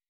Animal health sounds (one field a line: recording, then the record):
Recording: hydrophone in a shrimp aquaculture tank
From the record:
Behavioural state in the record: weakened